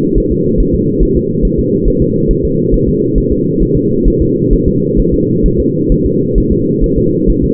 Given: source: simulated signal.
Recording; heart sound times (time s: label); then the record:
fetal heart sounds
0.18 s: S1
0.32 s: S2
0.60 s: S1
0.75 s: S2
1.03 s: S1
1.17 s: S2
1.45 s: S1
1.59 s: S2
1.88 s: S1
2.02 s: S2
2.31 s: S1
2.45 s: S2
2.74 s: S1
2.88 s: S2
3.18 s: S1
3.32 s: S2
3.62 s: S1
3.77 s: S2
4.08 s: S1
4.22 s: S2
4.53 s: S1
4.68 s: S2
5.00 s: S1
5.14 s: S2
5.46 s: S1
5.60 s: S2
5.92 s: S1
6.06 s: S2
6.38 s: S1
6.52 s: S2
6.84 s: S1
6.98 s: S2
7.30 s: S1
7.44 s: S2
From the record:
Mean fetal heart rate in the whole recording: 135 bpm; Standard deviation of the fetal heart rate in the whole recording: 3 bpm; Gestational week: 36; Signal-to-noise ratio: -11.2 dB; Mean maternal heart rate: 72 bpm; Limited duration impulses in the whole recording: present